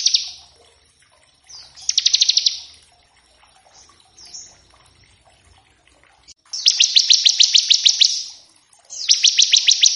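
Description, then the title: Bar-winged prinia song: a few short descending slurs and loud buzzy rapid trills, repeated after pauses. Lure and tutor recording of energetic ngebren-style song variations, used to coax the bird into singing and as a master for other cage birds. "Masteran Ciblek Gacor Vs Kenari Gacor Untuk Masteran Semua Jenis Burung. Ciblek ngebren variasi masteran & pancingan ciblek. Burung Ciblek"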